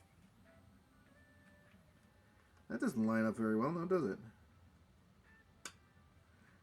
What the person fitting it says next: that pops right in there on the other side